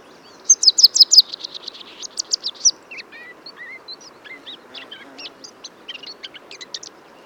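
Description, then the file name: Eurasian blackcap song opening with a bright rapid series of high repeated notes, followed by a quieter varied chatter of short squeaky and rising notes. "Sylvia atricapilla"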